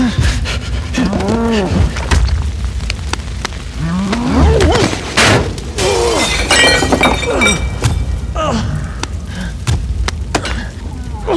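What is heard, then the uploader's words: Spooky Halloween sounds: warbling, moaning voices swoop up and down in pitch over a low, rumbling drone. Sharp clicks, cracks and a shattering crash around the middle break through, with a dense, agitated stretch of noise before things settle into quieter groans. Spooky Sounds For Halloween.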